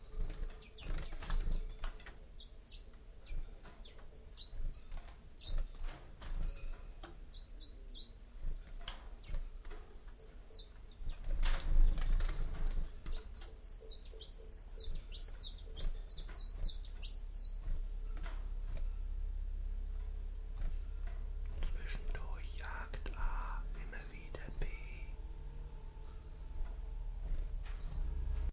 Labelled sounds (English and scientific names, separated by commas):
Common Chiffchaff (Phylloscopus collybita) song